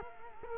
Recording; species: mosquito wingbeat signal from an infrared sensor; Culex quinquefasciatus